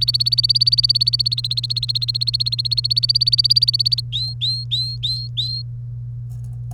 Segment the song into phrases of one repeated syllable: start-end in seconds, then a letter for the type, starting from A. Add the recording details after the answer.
0.00-4.00 A, 4.12-5.62 B. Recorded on 1 May 2018 at 08:09. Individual llb3